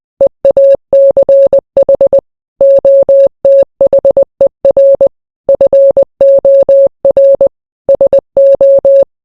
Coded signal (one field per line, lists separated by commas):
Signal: Morse code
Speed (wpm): 20 wpm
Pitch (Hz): 550 Hz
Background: none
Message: EACH OTHER FOR SO